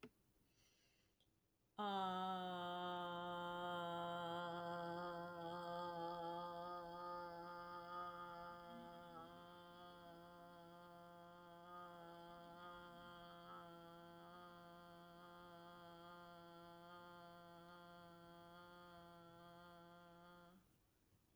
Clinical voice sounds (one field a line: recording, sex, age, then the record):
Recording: vowel held as long as possible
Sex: female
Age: 40 to 49 years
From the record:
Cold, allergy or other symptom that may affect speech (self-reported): no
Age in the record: 48 years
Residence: Arizona, United States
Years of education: 16